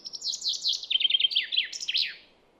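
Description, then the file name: Common chaffinch song: a quick tumbling trill of high notes falling in pitch, followed by a short terminal flourish, all within about two seconds. "Fringilla coelebs"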